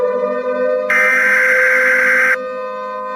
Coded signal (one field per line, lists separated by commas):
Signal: Emergency Alert System (SAME) tones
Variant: header bursts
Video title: EAS Short #1 Three Mile Island.